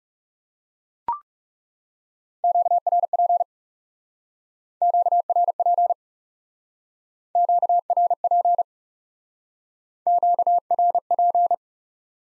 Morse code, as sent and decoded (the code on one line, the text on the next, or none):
--.- .-. .--. / --.- .-. .--. / --.- .-. .--. / --.- .-. .--.
QRP QRP QRP QRP